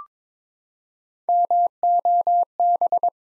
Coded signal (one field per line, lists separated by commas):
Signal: Morse code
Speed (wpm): 23 wpm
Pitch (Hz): 700 Hz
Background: none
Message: MOB